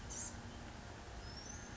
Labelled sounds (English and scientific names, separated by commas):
Blue-gray Gnatcatcher (Polioptila caerulea)